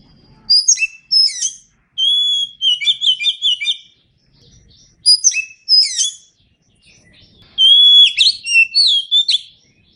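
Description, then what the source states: Oriental magpie-robin singing varied phrases: sharp downslurred notes, steady whistles and quick chattering runs, in several bursts with short silences. Indonesian name kacer; described as gacor, meaning singing vigorously.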